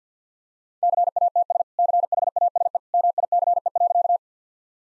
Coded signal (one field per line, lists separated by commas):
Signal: Morse code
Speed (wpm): 50 wpm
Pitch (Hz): 700 Hz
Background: none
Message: CATS CHASE MICE.